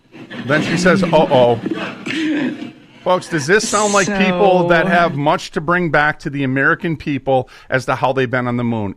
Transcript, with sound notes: Then she says, "Uh-oh."
(laughs)
Folks, does this sound-
So-
... like people that have much to bring back to the American people as to how they been on the moon?